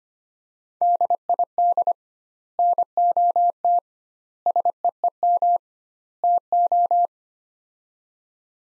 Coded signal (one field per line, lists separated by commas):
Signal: Morse code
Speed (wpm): 25 wpm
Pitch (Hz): 700 Hz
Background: none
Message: DID NOT SEEM TO